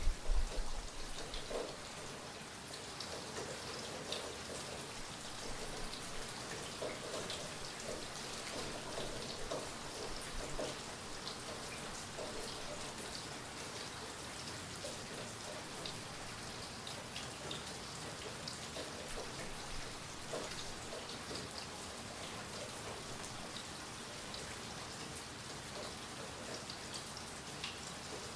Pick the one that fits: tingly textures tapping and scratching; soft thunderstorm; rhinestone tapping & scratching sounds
soft thunderstorm